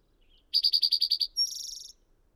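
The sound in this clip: Bird song: eight quick buzzy high notes in a row, a brief gap, then a thin whistle opening into a fast, very high trill.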